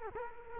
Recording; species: mosquito wingbeat signal from an infrared sensor; Culex quinquefasciatus